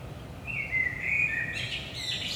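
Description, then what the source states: Common blackbird delivering one rich, low fluted phrase that breaks into a rapid high-pitched twitter, over a soft steady rumble. Saint-Gilles, Belgium, early morning around 5 am; recorded with DPA 4060 microphones in AB stereo position into a Zoom F3.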